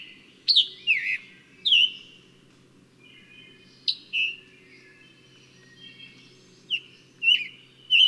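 Bird song of a few separated whistled notes with sharp downward sweeps, scattered with long quiet gaps between them.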